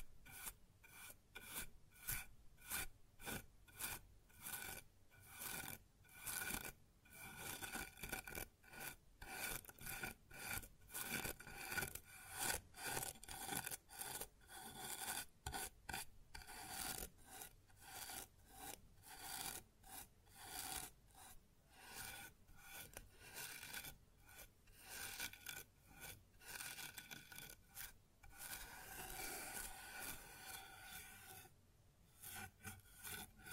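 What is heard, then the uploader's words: Rough rubbing and scraping on a wooden surface in quick, uneven strokes, with short pauses between bursts and a hissy, gritty texture throughout. ASMR Sounds on Wooden Surface (No Talking).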